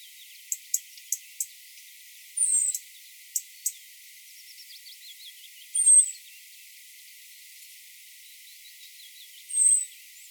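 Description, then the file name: European robin giving sharp ticks and three thin, high whistles about every three to four seconds, with faint twittering underneath. "Erithacus rubecula"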